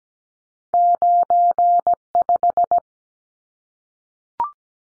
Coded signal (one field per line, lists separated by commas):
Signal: Morse code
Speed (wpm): 17 wpm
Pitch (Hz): 700 Hz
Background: none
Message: 95